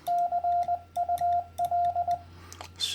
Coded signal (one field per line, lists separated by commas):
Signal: Morse code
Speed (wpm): 20 wpm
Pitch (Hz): 700 Hz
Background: radio noise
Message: CUL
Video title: First CW Contact - Hints, Lingo, Script, Opinion - part 4